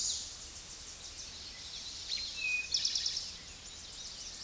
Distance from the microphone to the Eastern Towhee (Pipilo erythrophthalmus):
about 10 m